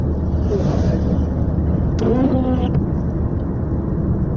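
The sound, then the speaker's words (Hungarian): A bus rumbles past with a steady, loud low engine roar throughout, and a brief higher-pitched whine rises and fades midway through. “Ez szokott menni a busz itt, nem?”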